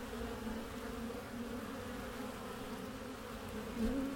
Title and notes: Tree's Bees - Hive Entrance From Top (Excerpt). A warm spring day in the Mission district, San Francisco 2009, at the backyard garden beehive of Tree